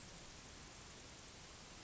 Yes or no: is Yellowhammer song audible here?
no